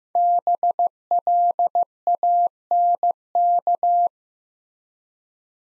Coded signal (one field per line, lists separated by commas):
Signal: Morse code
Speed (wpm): 15 wpm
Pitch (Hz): 700 Hz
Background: none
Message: BLANK